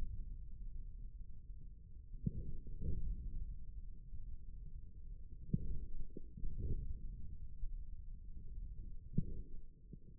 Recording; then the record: forearm muscle sounds (acoustic myography)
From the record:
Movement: forearm pronation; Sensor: system 1, eight BSWA MPA416 microphones around the upper forearm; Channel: 4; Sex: male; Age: 41 years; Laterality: right